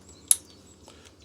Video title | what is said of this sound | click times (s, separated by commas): Corsa Leaking Thermostat Replacement | Makes a click. | 0.3 s